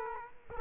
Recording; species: mosquito wingbeat signal from an infrared sensor; Culex quinquefasciatus